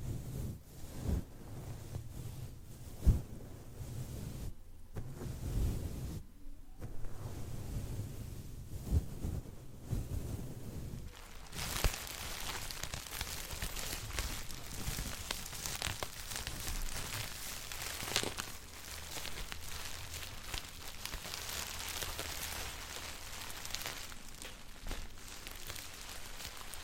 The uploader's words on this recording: ASMR Intense Layered Sounds + Closeup Hands movements.